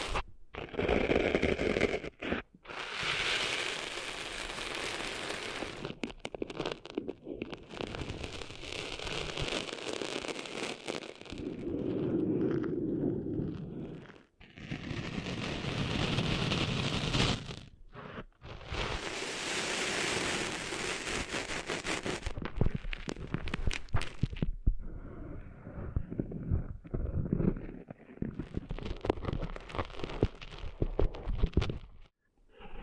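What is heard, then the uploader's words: Close rustling and scratching sounds of ear cleaning, with bursts of gritty, crackly friction that come in separate passes lasting a few seconds each. The scraping alternates with brief pauses, some passes bright and hissy, others duller and lower, with faint tapping between. ASMR Cleaning Sand Out of Your Ears (No Talking).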